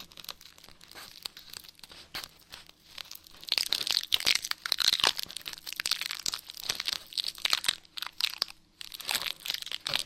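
Scratching goes on without a break, a dense run of rough, crinkly strokes with a dry papery texture. It is quieter for the first few seconds, then grows busier and louder from about three seconds on, with brief dips near 2.5 and 8.7 seconds.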